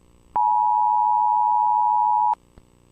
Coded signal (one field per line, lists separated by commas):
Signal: Emergency Alert System (SAME) tones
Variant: 853 and 960 Hz attention tone